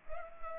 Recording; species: mosquito wingbeat signal from an infrared sensor; Culex pipiens